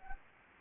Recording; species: mosquito wingbeat signal from an infrared sensor; Anopheles gambiae